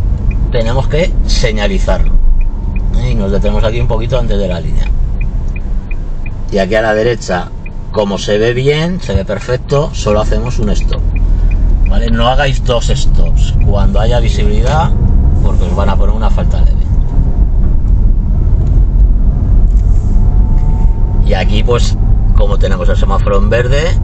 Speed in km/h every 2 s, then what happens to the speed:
9, 9, 1, 0, 0, 6, 14, 15, 20, 23, 25, 25.
2-4 brakes to 1. 4-9 standing. 9-24 pulls away to 25.